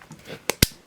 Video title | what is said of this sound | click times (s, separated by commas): Olympus Infinity Stylus Epic Zoom 80 35mm film camera being tested and demonstrated | Want to hear that snap | 0.5 s, 0.6 s